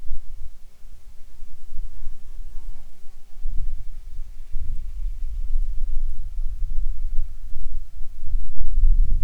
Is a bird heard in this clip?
no